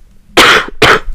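An adult woman coughs twice: a lingering cough left over from a cold, while she otherwise feels okay.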